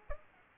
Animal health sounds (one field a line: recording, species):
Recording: mosquito wingbeat signal from an infrared sensor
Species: Culex pipiens